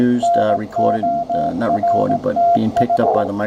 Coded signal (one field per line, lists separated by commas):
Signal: Morse code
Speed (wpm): 18 wpm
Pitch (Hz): 690 Hz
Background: speech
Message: NORTH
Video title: Morse Code Reader/Microcode Part 2